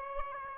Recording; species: mosquito wingbeat signal from an infrared sensor; Aedes aegypti